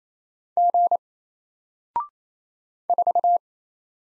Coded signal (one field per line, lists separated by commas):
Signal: Morse code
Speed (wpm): 27 wpm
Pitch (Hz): 700 Hz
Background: none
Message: G 4